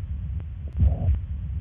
This is the mitral regurgitation. Kind of blowing. That blowing sound, that's what a bad mitral regurgitation sounds like.